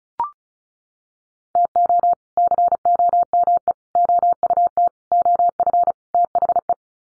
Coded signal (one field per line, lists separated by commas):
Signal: Morse code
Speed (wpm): 34 wpm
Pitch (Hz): 700 Hz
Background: none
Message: TO COME OUT OF THE